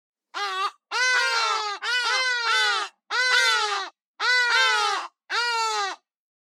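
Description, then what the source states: Hadeda ibis calls: six loud, harsh, nasal honking bursts, each about half a second to a second long. A pair calling.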